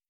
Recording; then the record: hydrophone in a shrimp aquaculture tank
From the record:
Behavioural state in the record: starved